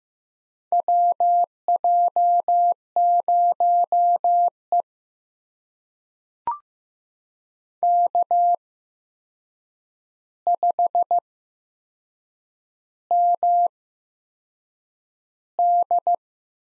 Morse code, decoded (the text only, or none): WJ0E K5MD